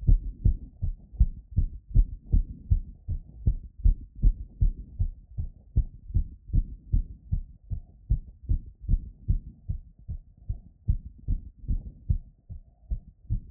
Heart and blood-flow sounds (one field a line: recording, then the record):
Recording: heart sounds by stethoscope after running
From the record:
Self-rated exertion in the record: very hard exertion (5 of 6)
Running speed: 9 mph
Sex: male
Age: 53 years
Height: 181 cm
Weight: 67 kg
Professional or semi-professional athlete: no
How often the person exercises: 3 to 5 times a week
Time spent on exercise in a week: over 5 hours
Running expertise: yes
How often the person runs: 3 to 5 times a week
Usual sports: running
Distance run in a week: 35 km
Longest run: 42.6 km